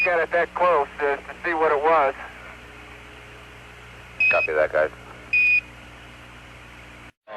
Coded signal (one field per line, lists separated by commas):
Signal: Quindar tones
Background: speech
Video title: Beep Beep Beep - NASAs recognition of objects entering and exiting frames Quindar Tones Moon TV